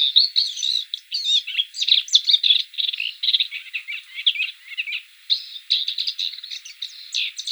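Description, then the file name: Blyth's reed warbler song, a fast varied stream of chattering and whistled phrases with brief pauses, high-pitched and continuous throughout. "Kamyshovka indijskaja"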